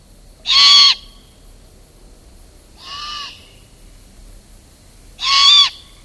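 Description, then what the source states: Great Horned Owl begging calls: three harsh, hissing screeches, evenly spaced, the middle one quieter. Young owls begging their parents for their next meal, in spring.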